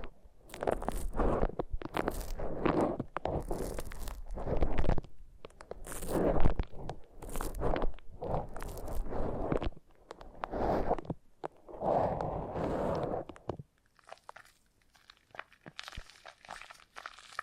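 Foam massage: bursts of soft rubbing and squeaking friction, about one stroke a second, each a dense scratchy swell with occasional sharp high squeaks. Strokes run steadily until near thirteen seconds, then give way to near silence with faint scattered crackles.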